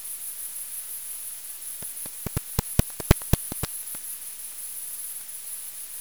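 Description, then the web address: Bat echolocation as a quick burst of sharp dry clicks, over a constant high whine. Recorded on 21 August 2018 with a bat detector. "Bat Explorer recordings 21-08-2018"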